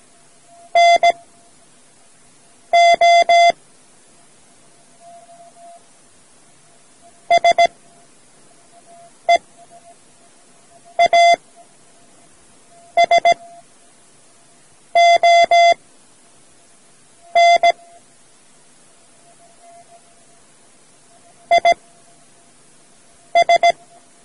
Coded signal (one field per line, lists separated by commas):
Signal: Morse code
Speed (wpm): 17 wpm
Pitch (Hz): 690 Hz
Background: none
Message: NO SEASON IS